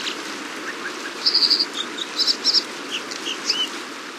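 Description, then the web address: American dipper song, a short burst of high, buzzy and trilled notes repeated in quick phrases over steady background noise. "Songs of Birds of North America Stokes. American Dipper"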